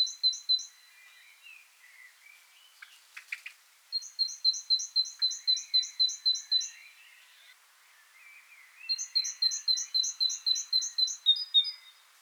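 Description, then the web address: Great tit song of rapid paired notes in three runs separated by pauses, with a brief clicking noise early on and quiet twitters from other birds. "SETE data Parus major"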